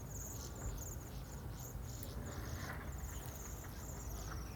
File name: Bohemian waxwing